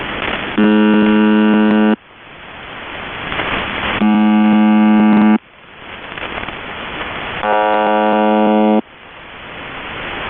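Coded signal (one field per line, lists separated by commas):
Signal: channel marker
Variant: UVB-76 (The Buzzer)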